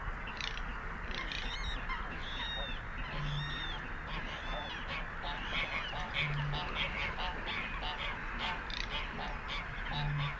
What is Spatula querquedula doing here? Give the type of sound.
call